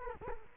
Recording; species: mosquito wingbeat signal from an infrared sensor; Culex quinquefasciatus